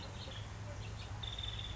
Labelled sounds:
Nuttall's Woodpecker (Dryobates nuttallii)

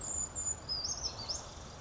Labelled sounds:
Brown Creeper (Certhia americana)

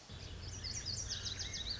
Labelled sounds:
Lazuli Bunting (Passerina amoena)

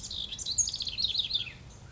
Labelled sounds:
House Wren (Troglodytes aedon)

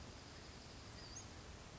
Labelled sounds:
Western Flycatcher (Empidonax difficilis)

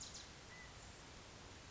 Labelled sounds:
California Quail (Callipepla californica)

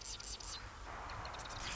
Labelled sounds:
Marsh Wren (Cistothorus palustris)

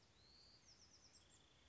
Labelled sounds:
Bewick's Wren (Thryomanes bewickii)

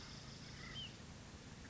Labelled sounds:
Hutton's Vireo (Vireo huttoni)

